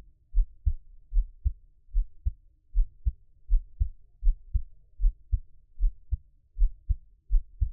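A Taiwanese ASMR creator's own heartbeat, heard up close: deep, soft lub-dub pairs repeat steadily at about 77 beats a minute, with the first thump of each pair slightly fuller. The rhythm is regular, with no extra sounds between beats, consistent with an ordinary resting heartbeat. Faint low room hum sits underneath.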